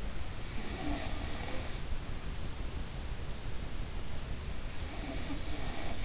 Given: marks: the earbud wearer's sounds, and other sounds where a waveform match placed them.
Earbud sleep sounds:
sounds in sleep by an in-ear microphone; snoring breath
0.43-1.87 s: snoring breath
4.74-6.05 s: snoring breath
5.75-6.05 s: sound from someone else or the room

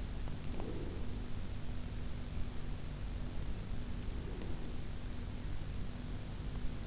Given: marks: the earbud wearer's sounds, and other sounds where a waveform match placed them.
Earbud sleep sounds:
sounds in sleep by an in-ear microphone; breath
0.52-1.03 s: breath
4.15-4.78 s: breath

